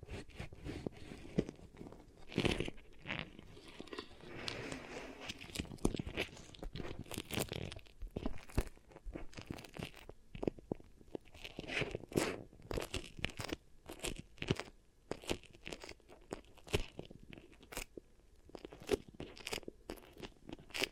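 Beeswax is pressed and worked for ear triggers, giving dense crinkly crunches and sticky crackles that run almost without pause for the whole stretch. The sharp pops and scrunches come in quick irregular bursts, bright and crisp, with a soft rustling bed underneath.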